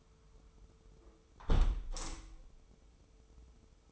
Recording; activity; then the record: daily activity, microphone in the room; close window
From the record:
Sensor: 1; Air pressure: 995.7 hPa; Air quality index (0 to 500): 49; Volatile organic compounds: 1 ppm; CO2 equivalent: 884 ppm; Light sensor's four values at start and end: 30/104/40/42 and 30/103/40/41